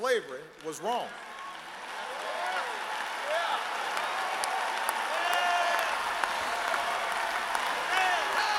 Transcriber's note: applause